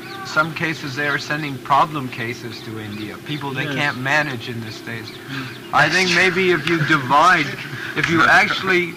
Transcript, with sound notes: Some cases they are sending problem cases to India, people they can't manage in the States. [laughter] I think that maybe if you divide, if you actually...